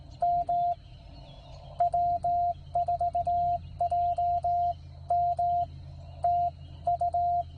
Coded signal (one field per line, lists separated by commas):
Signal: Morse code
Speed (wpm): 18 wpm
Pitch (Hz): 700 Hz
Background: none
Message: M W4JM TU